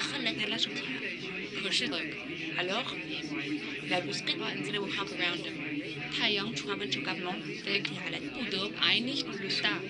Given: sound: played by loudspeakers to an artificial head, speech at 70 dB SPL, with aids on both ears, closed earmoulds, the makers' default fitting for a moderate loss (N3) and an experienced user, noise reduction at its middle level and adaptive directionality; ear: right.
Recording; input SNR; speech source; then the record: speech test signal (ISTS) in cocktail-party noise; -3 dB; in front (0 degrees)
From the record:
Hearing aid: class 2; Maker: D